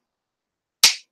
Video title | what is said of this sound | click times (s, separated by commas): Live Bait Making | you hear that snap that's what you want to hear when | 0.8 s